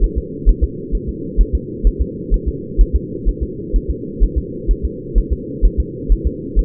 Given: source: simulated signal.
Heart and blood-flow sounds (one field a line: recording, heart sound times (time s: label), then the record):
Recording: fetal heart sounds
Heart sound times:
0.04 s: S1
0.18 s: S2
0.49 s: S1
0.64 s: S2
0.95 s: S1
1.09 s: S2
1.41 s: S1
1.55 s: S2
1.87 s: S1
2.01 s: S2
2.34 s: S1
2.48 s: S2
2.81 s: S1
2.96 s: S2
3.29 s: S1
3.43 s: S2
3.76 s: S1
3.90 s: S2
4.24 s: S1
4.38 s: S2
4.71 s: S1
4.85 s: S2
5.18 s: S1
5.33 s: S2
5.65 s: S1
5.80 s: S2
6.12 s: S1
6.27 s: S2
6.59 s: S1
From the record:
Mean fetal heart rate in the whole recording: 130 bpm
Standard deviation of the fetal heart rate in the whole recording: 2 bpm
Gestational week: 36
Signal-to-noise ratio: -4.1 dB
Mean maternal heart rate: no maternal heart sound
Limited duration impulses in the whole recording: absent